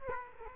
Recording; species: mosquito wingbeat signal from an infrared sensor; Aedes aegypti